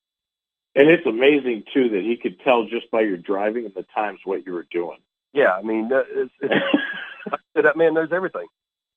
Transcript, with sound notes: And it's amazing too that he could tell just by your driving and the times what you were doing.
Yeah, I mean, that, it's, it's-
(laughs)
That man knows everything.